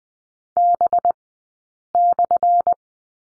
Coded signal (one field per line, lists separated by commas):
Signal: Morse code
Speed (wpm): 20 wpm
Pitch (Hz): 700 Hz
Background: none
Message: B/